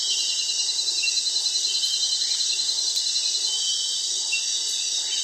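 Many crickets giving a steady shrill trill, a dense high band of sound pulsing slightly, with faint chirps beneath.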